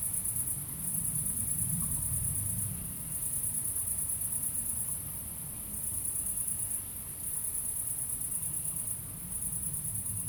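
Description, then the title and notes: High continuous cricket trilling, broken by short lulls at irregular intervals, with a deep vehicle rumble underneath. Crickets at night in Aveize, France, with a few cars in the distance; recorded with a DPA-2006c AB pair into a Mixpre-3. "69610 Aveize, France - Grillons - Crickets. Grillons la nuit, quelques voitures dans le lointain. Crickets at night, cars in the distance"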